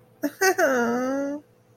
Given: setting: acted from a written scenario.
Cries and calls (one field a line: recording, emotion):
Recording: vocal sound without words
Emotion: pain